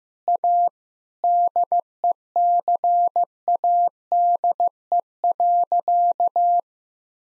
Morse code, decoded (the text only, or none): A DECADE.